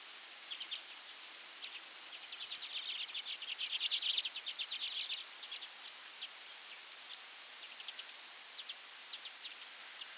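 Common redpoll giving thin, high, buzzy twittering notes in loose rapid series, denser in the middle, over a steady hiss.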